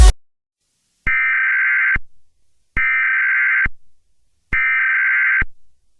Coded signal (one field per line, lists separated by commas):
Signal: Emergency Alert System (SAME) tones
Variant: header bursts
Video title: TWISTERWORK: An EAS Scenario